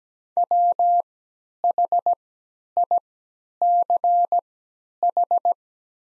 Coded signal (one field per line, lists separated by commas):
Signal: Morse code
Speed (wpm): 17 wpm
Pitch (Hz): 700 Hz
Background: none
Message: WHICH